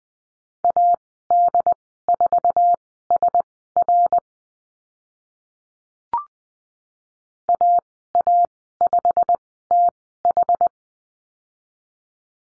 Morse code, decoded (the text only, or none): AD4SR AA5TH